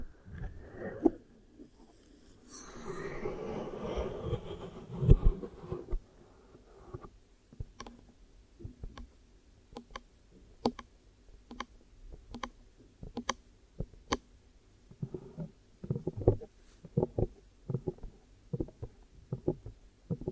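ASMR trigger sounds: a soft, dense rustling swell fills the first few seconds, peaking around the three-to-five second mark. After that, sharp dry clicks and taps come one after another at irregular intervals, with quiet low murmuring between them.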